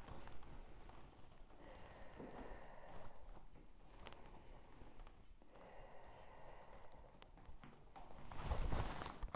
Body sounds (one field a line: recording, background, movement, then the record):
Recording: deep breathing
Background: quiet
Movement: sitting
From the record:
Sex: female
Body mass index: 36.4 kg/m2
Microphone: on the chest, facing outward